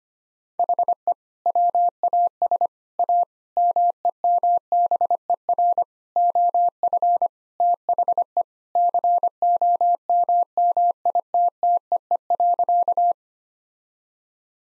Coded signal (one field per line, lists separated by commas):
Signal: Morse code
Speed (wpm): 25 wpm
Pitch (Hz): 700 Hz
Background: none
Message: HE WAS A MEMBER OF THE COMMITTEE.